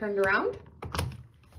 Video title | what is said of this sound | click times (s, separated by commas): BrailleSense Polaris Beginners Boot Camp Video 2 | then it will snap into place. | 1.0 s